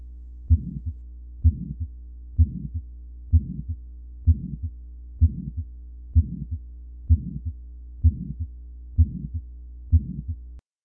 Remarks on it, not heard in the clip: The aortic listening post. Aortic stenosis that is a systolic ejection murmur clearly hear S1 and S2 around it. I would call that mid-frequency.